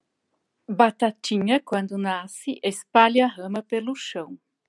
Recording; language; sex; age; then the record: short text; Brazilian Portuguese; female; 50 to 59 years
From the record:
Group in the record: control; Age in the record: 52 years